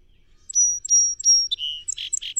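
Song sparrow singing three clear high whistled notes, then a lower whistle and a string of rough buzzy notes.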